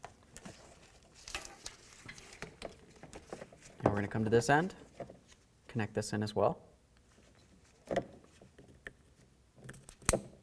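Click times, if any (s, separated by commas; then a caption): 10.1 s. While replacing the front hub on a 1999–2007 Ford Super Duty F-250, the ABS wheel speed sensor's plastic electrical connector is pushed into its mating vehicle wiring plug at the other end of the harness as someone talks. Soft handling taps and rustles lead up to a loud, sharp click at 10.1 s as the connector seats.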